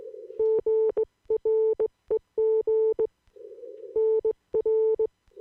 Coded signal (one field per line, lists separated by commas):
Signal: Morse code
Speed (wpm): 19 wpm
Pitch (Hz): 440 Hz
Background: none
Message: GREG NR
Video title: CQ de K9CTS